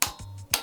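A torque wrench set to 5–6 Nm tightens the stem faceplate bolts of a fixed-gear bike in turn. Two sharp clicks ring out at 0.0 s and 0.5 s, with a low steady hum between them. The wrench has clicked at its setting, and the bolts are tightened to spec.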